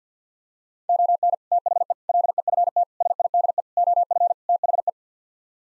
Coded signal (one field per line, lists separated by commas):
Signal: Morse code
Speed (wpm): 50 wpm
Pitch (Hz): 700 Hz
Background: none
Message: ON THE LEFT SIDE OF THE